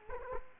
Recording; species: mosquito wingbeat signal from an infrared sensor; Culex quinquefasciatus